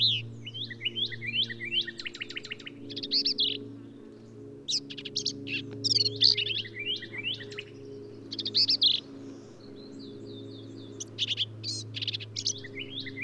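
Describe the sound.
Black-capped vireo singing a long run of varied high phrases, mixing slurred whistles and harsh buzzy notes, over a constant low hum.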